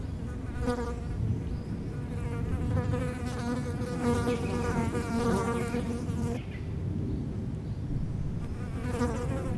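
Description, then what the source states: Fly: flies give a continuous wavering buzz that cuts off abruptly near the end, then resumes briefly, over a persistent low rumble of wind. Flies feeding on dung, close-up; Chemin de Lombardil, Fenouillet, France; windy day near Blagnac airport; Sennheiser MKH8040 ORTF pair with SD MixPre6.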